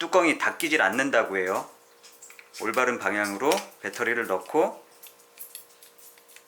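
Someone talks while handling the plastic battery compartment cover on a RØDE VideoMic X camera-top microphone, after the battery has been inserted in the correct polarity. A few faint handling ticks are heard between the speech. The cover has not clicked shut yet; nothing has seated.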